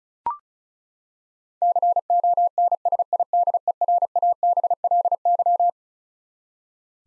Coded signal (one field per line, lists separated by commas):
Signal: Morse code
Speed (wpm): 36 wpm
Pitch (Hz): 700 Hz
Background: none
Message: CONSIDERABLY